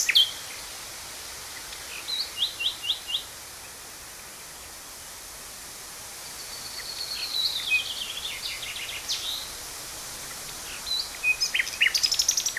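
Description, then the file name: Common Nightingale song: a slow series of separate notes, then a long pause before a drawn-out whistle and a rapid rattling trill, ending in fast clicks. "Nachtegaal - Luscinia megarhynchos"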